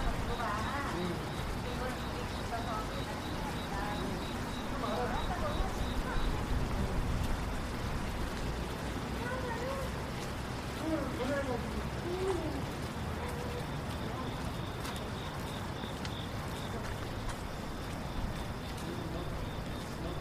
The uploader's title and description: Going For A Walk Downtown on A Rainy Night. Hear the cars, the murmurs of people and the light rain.